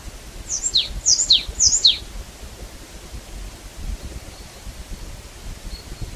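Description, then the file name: Marsh tit calls: three quick sharp two-part notes, each falling steeply in pitch, given in a rapid run, then quiet. "Poecile palustris"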